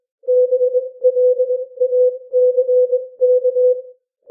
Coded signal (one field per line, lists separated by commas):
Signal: Morse code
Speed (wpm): 21 wpm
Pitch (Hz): 500 Hz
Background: none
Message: BLACK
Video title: Improve Your Morse Code 18-21 WPM - 21-21 WPM